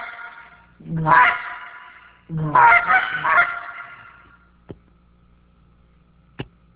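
Goose honking: two loud, nasal honk bursts, the second a rapid cluster of several calls, followed by quiet with a couple of faint clicks.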